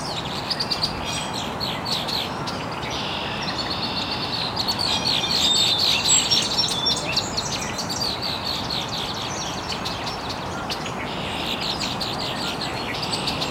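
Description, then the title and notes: Mixed birds chirping continuously, bursts of quick high trills swelling around the middle, soft steady hiss beneath the chorus. Chirping very early in the morning in an estuary. "Birds Chirping in the Early Morning. Original sounds of birds chirping very early in the morning in an estuary"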